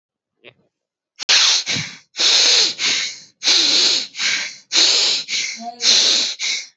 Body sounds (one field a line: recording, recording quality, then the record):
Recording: shallow breathing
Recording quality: moderate, slight background noise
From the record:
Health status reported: healthy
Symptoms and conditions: none ticked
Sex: male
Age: 30 years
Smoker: not ticked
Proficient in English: yes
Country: India